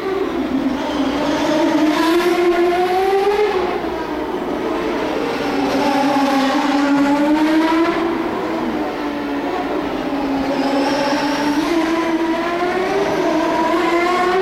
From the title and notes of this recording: The Sounds of IndyCar, 1999 Vancouver. Incredible sounds from the 2.65-liter turbocharged V8s produced by Ford-Cosworth, Mercedes-Benz, Toyota, and those mighty Hondas. Vancouver street race.